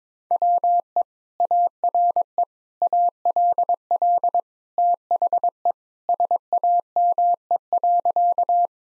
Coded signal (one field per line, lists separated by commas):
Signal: Morse code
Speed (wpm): 22 wpm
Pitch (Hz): 700 Hz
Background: none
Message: WE ARE ALL THE SAME.